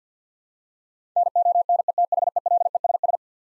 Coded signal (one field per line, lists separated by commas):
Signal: Morse code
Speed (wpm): 50 wpm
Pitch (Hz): 700 Hz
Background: none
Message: NONETHELESS